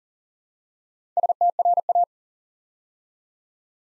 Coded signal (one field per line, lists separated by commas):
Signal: Morse code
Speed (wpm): 42 wpm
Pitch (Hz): 700 Hz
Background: none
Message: STRA